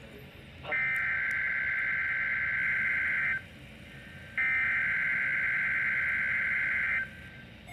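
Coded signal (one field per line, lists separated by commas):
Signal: Emergency Alert System (SAME) tones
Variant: header bursts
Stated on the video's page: Severe thunderstorm watch received on NOAA weather radios WR-300 and WR-400.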